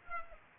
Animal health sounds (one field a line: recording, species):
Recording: mosquito wingbeat signal from an infrared sensor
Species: Aedes aegypti